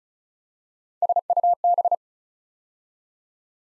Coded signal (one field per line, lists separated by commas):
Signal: Morse code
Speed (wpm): 36 wpm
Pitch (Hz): 700 Hz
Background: none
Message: SUB